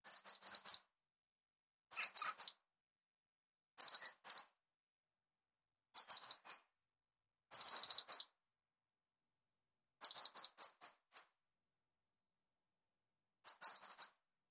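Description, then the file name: European robin giving sharp, high clicking ticks in quick clusters, with short silences between them. "Erithacus rubecula"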